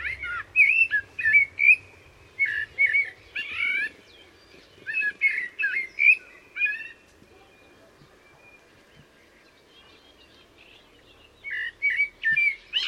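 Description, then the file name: Common blackbird singing loud, fluty warbled phrases with high twittery endings for about seven seconds, then falling silent before resuming near the end. "Turdus merula"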